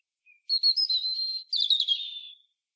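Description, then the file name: European robin song phrase: a faint thin note, then high silvery warbled twittering in two linked runs, ending in a descending trill. "Erithacus rubecula"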